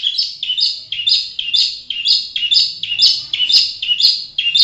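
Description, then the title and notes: Bird song: a high two-note chirp phrase, a sharp upper note dropping to a lower one, repeated about twice a second in a steady run. Bird song intended for training pet birds. "Suara Kicauan Burung untuk memaster burung kesayangan"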